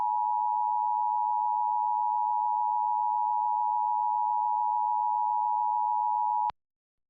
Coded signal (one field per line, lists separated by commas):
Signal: Emergency Alert System (SAME) tones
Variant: 853 and 960 Hz attention tone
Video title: EAS Alabama Required Monthly Test on Alabama Public Television (PBS)